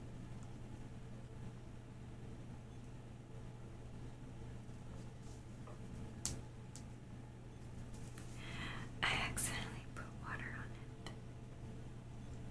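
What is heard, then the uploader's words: A low, steady hum runs under the whole clip with faint crackle. Sharp clicks and taps come at about six and eleven seconds, and a brighter cluster of glassy clinks and scrapes rises around nine seconds before settling back. Fire Crackling. Tapping. Glass Sounds.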